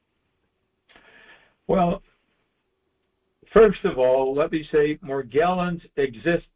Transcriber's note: none